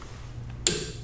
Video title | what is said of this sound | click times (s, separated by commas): FRONT BRAKE PADS AND DISC ROTORS REPLACEMENT BMW X3 X4 F25 F26 2011 2012 2013 2014 2015 2016 2017 | so we have the token set now once we hear the click we stop immediately | 0.7 s